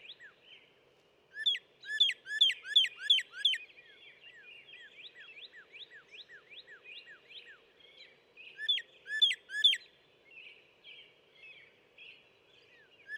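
Northern cardinal song: bursts of loud sharp downslurred whistles, separated by several seconds of softer repeated slurred notes.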